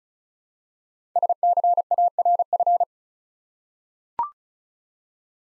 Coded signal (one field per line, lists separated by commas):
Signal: Morse code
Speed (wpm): 35 wpm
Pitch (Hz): 700 Hz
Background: none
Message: SCARF